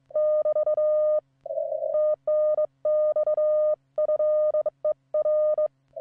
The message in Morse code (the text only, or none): <BT> TNX FER